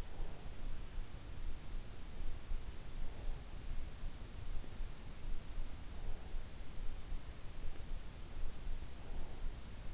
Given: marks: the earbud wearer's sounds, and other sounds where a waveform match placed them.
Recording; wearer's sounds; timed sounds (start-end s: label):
sounds in sleep by an in-ear microphone; breath
0.00-0.71 s: breath